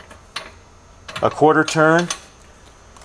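The ring-pull locking pin on a PSI Systems ECOS 7000 Series pressure washer hose reel is pulled and turned a quarter turn against the hose reel frame while someone talks. Short handling knocks are heard near 0.4 s and 1.1 s. Nothing has seated or clicked yet, and the lock has not engaged.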